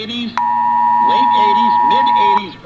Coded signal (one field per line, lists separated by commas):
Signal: Emergency Alert System (SAME) tones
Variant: 853 and 960 Hz attention tone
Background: speech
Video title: presidential emergency alert system test 10.3.2018